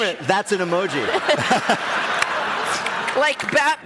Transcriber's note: laughter